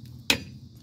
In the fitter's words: There it is. Click, click.